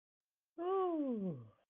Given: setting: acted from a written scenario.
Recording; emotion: vocal sound without words; ecstasy